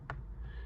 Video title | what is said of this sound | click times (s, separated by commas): Beginners #JewelryTutorial - Chain Link/Bead Link Necklace, Jump rings - Work Easy Not Harder | and make sure that there's a little click sound okay | 0.1 s